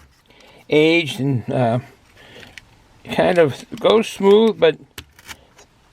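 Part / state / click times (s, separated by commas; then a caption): blade slider in a utility knife handle / not seated / none. Someone talks while sliding the blade of a new utility razor knife out of its handle and back, with a few faint, brief ticks between the speech. The blade slider moves smoothly but has no detent click to lock the blade in place, so nothing clicks into position, and he does not feel confident using it.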